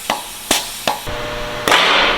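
As the carriages of a new two-post car lift rise, its safety lock pawls drop into the lock ladders in the lift columns. Four sharp clicks ring out at 0.1, 0.5, 0.9 and 1.7 seconds over a steady background hiss. The locks are confirmed to be engaged.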